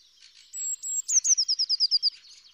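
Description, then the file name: Eurasian blue tit song: two high thin whistled notes, then a rapid run of about ten sharp descending chirps. "Cyanistes caeruleus"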